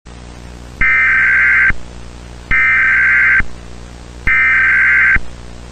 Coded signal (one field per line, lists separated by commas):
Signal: Emergency Alert System (SAME) tones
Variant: header bursts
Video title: PRETTY COLORS - An EAS Scenario (ft. @xhabit_muttonszx)